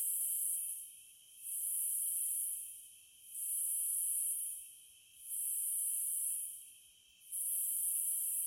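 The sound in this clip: Cicada song of regular loud sizzling buzzes lasting about a second each, with brief gaps between, five bursts.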